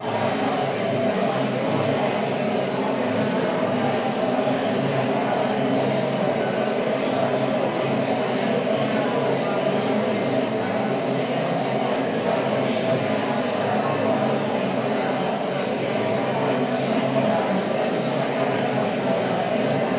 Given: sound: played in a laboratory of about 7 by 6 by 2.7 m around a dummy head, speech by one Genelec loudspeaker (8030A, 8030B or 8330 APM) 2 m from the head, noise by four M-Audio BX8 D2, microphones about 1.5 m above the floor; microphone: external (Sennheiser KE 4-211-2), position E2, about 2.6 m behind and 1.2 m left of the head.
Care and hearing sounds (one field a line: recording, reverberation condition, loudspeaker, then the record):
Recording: babble noise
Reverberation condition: high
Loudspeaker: four, about 170 cm from the corners of the room and facing them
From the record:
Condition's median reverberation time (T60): about 1300 ms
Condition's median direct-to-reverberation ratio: about -4.0 dB